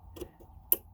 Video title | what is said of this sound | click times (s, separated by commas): D H labs silversonic reunion CAT 8 ethernet cable impressions | because of the stiffness of the cable but click i mean boom that just oh it just makes you feel all | 0.7 s